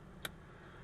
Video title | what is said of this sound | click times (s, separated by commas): Audi B6: 3.0L A4 No start / cranks ok (fuel pump?) | so I'll Lube up the end and just click this in until it clicks or push it on until it clicks | 0.2 s